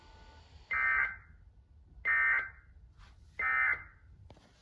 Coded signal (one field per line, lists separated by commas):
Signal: Emergency Alert System (SAME) tones